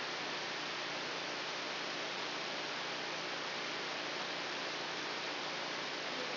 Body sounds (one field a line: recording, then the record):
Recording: brain microelectrode recording played as sound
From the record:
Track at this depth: outside the subthalamic nucleus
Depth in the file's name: 7.004 mm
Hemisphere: left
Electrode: 3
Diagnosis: Parkinson's disease